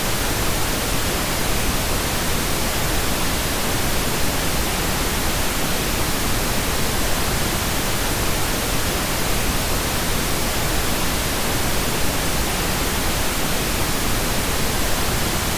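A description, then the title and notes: Pink noise plays at a constant level for the whole sixteen seconds, a dense, even hiss with a fuller, softer low end than plain white noise. Nothing changes or breaks the sound; there are no events and no other sounds behind it. PINK NOISE.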